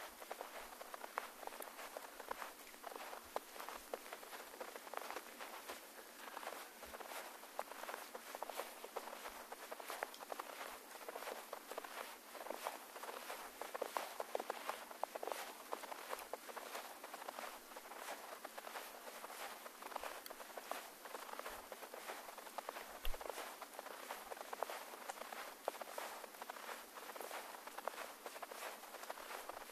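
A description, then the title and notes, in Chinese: Footsteps tread through snow in a dense, steady crunching and crackling that carries on for the whole stretch without pause. The sound is bright and gritty with almost no low rumble, and small sharp crackles pop out here and there. 山屋晨雪。凌晨初雪·京。凌晨四点山上录制。50分钟催眠踏雪声。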